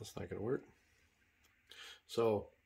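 A crimped metal wire terminal is handled next to a plastic connector housing while someone talks. A brief soft handling noise comes at about 1.7 s, but the terminal has not been pushed home yet, so nothing has seated or clicked in this clip.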